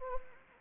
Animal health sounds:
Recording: mosquito wingbeat signal from an infrared sensor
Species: Anopheles gambiae

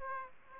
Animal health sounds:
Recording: mosquito wingbeat signal from an infrared sensor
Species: Aedes aegypti

